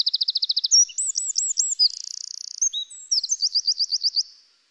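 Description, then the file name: Eurasian wren song, a loud high rapid outpouring of trills and sharp hooked notes, fast rattling phrases run together for over four seconds. "Troglodytes troglodytes"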